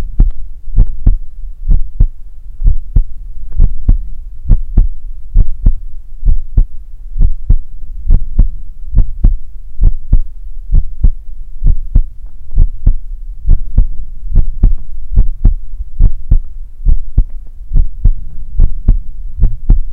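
A steady adult heartbeat heard close up, at about 68 beats per minute, offered to listen to while falling asleep.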